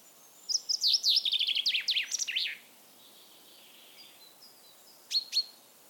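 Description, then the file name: Common chaffinch song: a rapid, descending rattle of high notes lasting about two seconds with a brief flourish at the end, followed by two sharp notes. "Fringilla coelebs"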